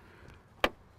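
After the adapter is unlocked, the charging handle is pushed into its dock and pulled out to free the DC fast-charge adapter while charging a Rivian R1S at a Tesla Supercharger. A faint tick at 0.3 s comes before a single sharp clunk at 0.6 s. The adapter releases from the charging handle dock.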